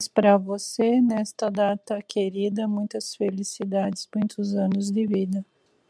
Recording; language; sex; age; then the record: short text; Brazilian Portuguese; female; 40 to 49 years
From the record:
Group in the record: control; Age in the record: 47 years